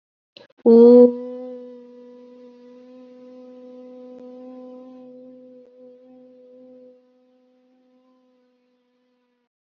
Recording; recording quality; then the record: sustained vowel as in boot; excellent, no background noise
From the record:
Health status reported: COVID-19 positive, no symptoms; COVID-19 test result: positive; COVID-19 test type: RT-PCR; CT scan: not taken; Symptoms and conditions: none ticked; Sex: female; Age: 25 years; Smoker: no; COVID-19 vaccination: both doses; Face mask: not worn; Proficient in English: yes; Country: India